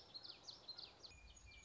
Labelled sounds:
Common Yellowthroat

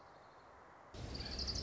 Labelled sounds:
Orange-crowned Warbler

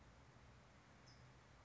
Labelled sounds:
California Towhee

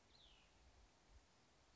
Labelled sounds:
Cassin's Vireo

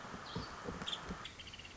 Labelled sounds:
Nuttall's Woodpecker

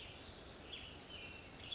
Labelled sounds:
Western Tanager

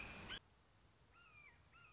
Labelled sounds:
Red-shouldered Hawk

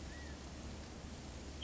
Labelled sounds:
California Quail

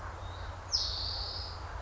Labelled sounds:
Spotted Towhee

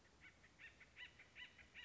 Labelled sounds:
Acorn Woodpecker

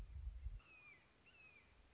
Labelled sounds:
Red-shouldered Hawk

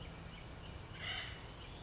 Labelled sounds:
Acorn Woodpecker

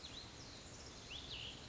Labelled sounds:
Cassin's Vireo

